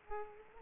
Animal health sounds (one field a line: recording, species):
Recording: mosquito wingbeat signal from an infrared sensor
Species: Aedes aegypti